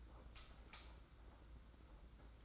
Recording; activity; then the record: daily activity, microphone in the room; light off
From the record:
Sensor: 3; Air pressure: 991.9 hPa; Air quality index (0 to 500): 221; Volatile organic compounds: 1000 ppm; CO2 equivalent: 7587 ppm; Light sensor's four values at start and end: 24/65/27/23 and 16/39/15/14